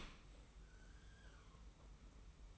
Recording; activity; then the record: daily activity, microphone in the room; open dishwasher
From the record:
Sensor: 1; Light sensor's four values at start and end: 41/128/51/53 and 41/128/51/53